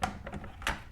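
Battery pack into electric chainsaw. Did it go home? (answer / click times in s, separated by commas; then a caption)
no / none. A 40V battery pack for a Ryobi RY40508 18-inch electric chainsaw is flipped upside down, lined up with two grooves and slid toward the chainsaw's battery bay. A sharp knock at the start, lighter taps and scrapes around 0.3 to 0.4 s, and a louder handling knock near 0.7 s are heard. The pack has not clicked or seated yet.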